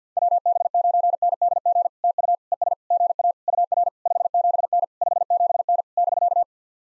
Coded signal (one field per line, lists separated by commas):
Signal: Morse code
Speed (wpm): 54 wpm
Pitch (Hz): 700 Hz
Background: none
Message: WB9NDG TU ES GA UR 57N 57N <BK>